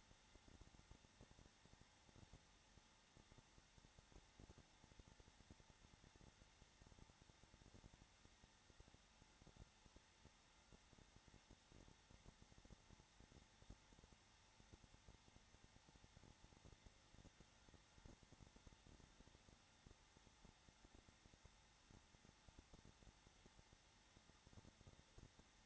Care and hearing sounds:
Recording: daily activity, microphone in the room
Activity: no activity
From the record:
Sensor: 3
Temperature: 21.3 degrees Celsius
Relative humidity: 33.3%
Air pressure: 994.5 hPa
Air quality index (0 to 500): 168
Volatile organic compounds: 3 ppm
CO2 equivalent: 1459 ppm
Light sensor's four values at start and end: 2/3/2/2 and 2/3/2/2

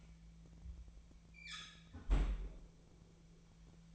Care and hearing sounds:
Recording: daily activity, microphone in the room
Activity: close fridge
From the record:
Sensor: 1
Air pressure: 1009.7 hPa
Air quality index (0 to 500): 192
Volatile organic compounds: 18 ppm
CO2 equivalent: 2632 ppm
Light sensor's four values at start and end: 33/83/35/42 and 33/83/35/42

